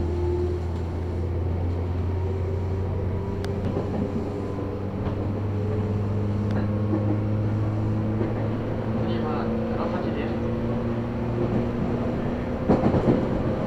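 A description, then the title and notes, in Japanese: A train running on the Kagoshima and Chikuho main lines, between Kyushu Kodai-mae, Orio and Honjo. A steady low rumble carries throughout, with humming motor tones that slowly slide in pitch, and occasional sharp clicks and knocks, with a louder clatter near the end. 鹿児島本線・筑豊本線 九州工大前→折尾→本城。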